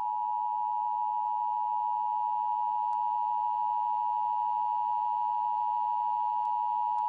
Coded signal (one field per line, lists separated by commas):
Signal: Emergency Alert System (SAME) tones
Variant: 853 and 960 Hz attention tone